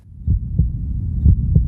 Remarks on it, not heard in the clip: If you listen hard enough, you can hear your heartbeat.